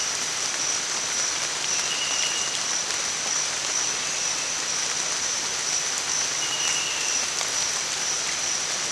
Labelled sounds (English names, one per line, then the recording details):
none
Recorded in dense forest near Puerto Asís, Putumayo, Colombia, on 27 June 2025 at 05:30
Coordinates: 0.468, -76.322
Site GP03